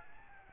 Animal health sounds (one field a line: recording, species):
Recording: mosquito wingbeat signal from an infrared sensor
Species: Aedes albopictus